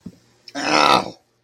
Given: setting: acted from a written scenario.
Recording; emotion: vocal sound without words; pain